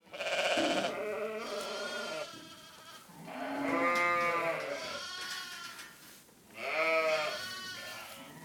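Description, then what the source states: Sheep bleating, a few long, wavering harmonic bleats at varied pitches. Ewes (brebis).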